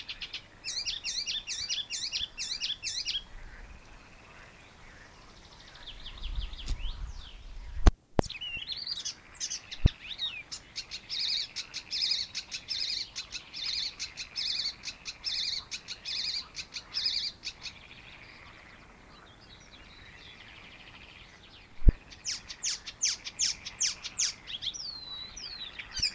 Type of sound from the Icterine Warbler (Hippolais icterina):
song